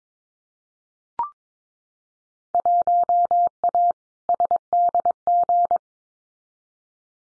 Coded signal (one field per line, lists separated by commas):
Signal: Morse code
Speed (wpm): 22 wpm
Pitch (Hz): 700 Hz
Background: none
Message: 1A SDG